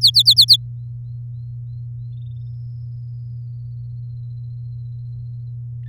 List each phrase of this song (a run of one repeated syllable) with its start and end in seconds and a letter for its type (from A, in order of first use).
0.01-0.56 A